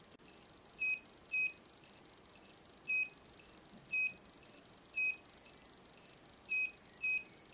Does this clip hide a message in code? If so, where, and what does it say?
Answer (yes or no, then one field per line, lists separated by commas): no